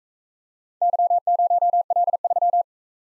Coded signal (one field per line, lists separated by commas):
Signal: Morse code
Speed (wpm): 43 wpm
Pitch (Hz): 700 Hz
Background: none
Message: Y0L3